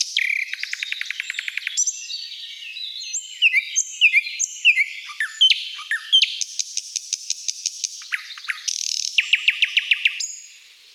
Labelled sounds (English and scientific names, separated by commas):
Thrush Nightingale (Luscinia luscinia) song